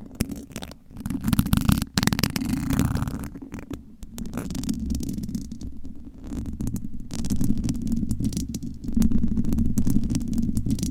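Nails scratch across a microphone cover in a dense, continuous rasp that swells and eases in waves. The scratching is strongest in a low, rumbling band, with sharp dropouts near 2 and 4 seconds and brighter crackles flickering throughout.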